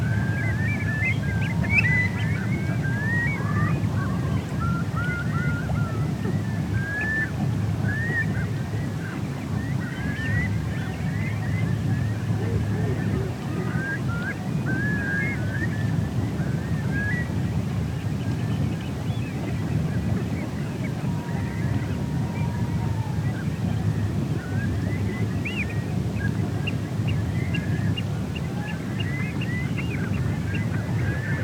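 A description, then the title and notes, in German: A coastal nature reserve at low tide: a steady, dense low rumble of wind and surf fills the background throughout. Many small bird calls and chirps sound continuously over it, with a clearer drawn-out whistle around twenty seconds in. Naturschutzgebiet Leyhörn bei Ebbe im Dezember. Es war ein grauer Dezember Nachmittag als ich beschloss ein paar Aufnahmen in der Nähe des Pilsumer Leuchtturms anzufertigen. Es sollten noch vier Stunden bis Hochwasser dauern und die verschiedenen Vögel sorgten für eine entsprechende Geräuschkulisse.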